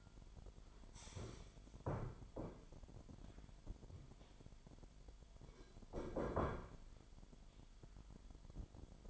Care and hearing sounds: daily activity, microphone in the room; stand up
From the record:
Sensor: 5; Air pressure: 998.6 hPa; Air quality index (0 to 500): 83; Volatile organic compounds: 1 ppm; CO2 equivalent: 946 ppm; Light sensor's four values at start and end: 41/100/41/46 and 39/94/39/43

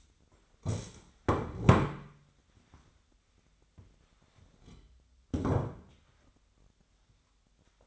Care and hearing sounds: daily activity, microphone in the room; stand up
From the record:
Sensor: 3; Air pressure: 1007.9 hPa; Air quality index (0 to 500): 192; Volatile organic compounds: 14 ppm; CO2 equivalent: 2454 ppm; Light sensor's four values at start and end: 12/28/12/12 and 12/28/12/12

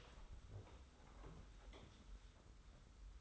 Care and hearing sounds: daily activity, microphone in the room; open door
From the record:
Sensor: 3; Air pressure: 991.5 hPa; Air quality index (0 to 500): 138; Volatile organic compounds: 274 ppm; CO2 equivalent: 4422 ppm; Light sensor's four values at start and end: 42/118/48/41 and 42/117/48/41

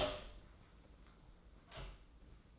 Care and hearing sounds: daily activity, microphone in the room; open door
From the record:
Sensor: 3

